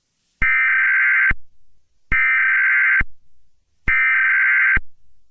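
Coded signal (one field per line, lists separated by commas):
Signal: Emergency Alert System (SAME) tones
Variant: header bursts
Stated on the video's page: Fictional EAS scenario.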